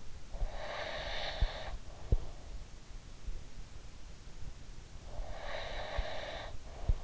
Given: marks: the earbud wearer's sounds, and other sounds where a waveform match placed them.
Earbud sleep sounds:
sounds in sleep by an in-ear microphone; breath
0.24-2.30 s: breath
5.11-7.04 s: breath

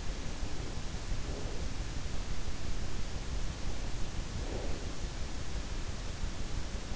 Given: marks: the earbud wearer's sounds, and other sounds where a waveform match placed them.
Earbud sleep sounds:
sounds in sleep by an in-ear microphone; breath
0.28-1.80 s: breath
4.28-5.03 s: breath

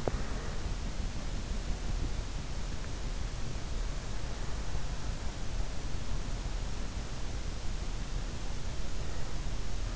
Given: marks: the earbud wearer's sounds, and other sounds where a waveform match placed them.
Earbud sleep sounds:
sounds in sleep by an in-ear microphone; breath
0.00-0.90 s: breath

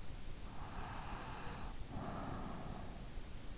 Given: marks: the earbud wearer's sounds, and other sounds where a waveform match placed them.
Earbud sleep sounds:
sounds in sleep by an in-ear microphone; breath
0.55-3.36 s: breath

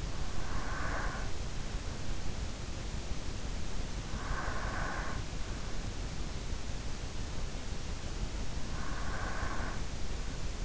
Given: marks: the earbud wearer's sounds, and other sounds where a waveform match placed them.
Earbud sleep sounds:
sounds in sleep by an in-ear microphone; breath
0.00-1.53 s: breath
3.78-5.32 s: breath
8.51-10.65 s: breath

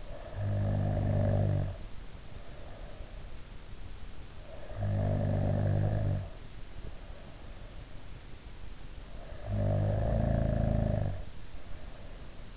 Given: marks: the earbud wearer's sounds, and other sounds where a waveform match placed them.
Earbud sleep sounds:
sounds in sleep by an in-ear microphone; snoring breath
0.00-3.26 s: snoring breath
4.34-7.89 s: snoring breath
9.09-12.57 s: snoring breath

